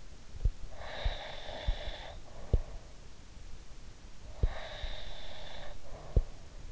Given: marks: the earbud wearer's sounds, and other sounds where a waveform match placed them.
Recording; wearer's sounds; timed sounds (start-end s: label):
sounds in sleep by an in-ear microphone; breath
0.62-2.83 s: breath
4.33-6.24 s: breath